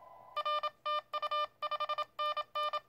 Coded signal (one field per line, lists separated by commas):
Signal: Morse code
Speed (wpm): 32 wpm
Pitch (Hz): 610 Hz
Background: none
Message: RTU 5NN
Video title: Playing with the QCX+ in the TRC DX Contest on 04.October 2020